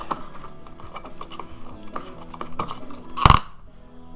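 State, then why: Torque reached. A plastic fuel cap on a retaining chain is screwed back onto the filled tank of a portable generator. Faint scraping and light taps come as it turns. It tightens until the ratchet clicks loudly at 3.3 s, 3.3 s and 3.3 s, closing the cap.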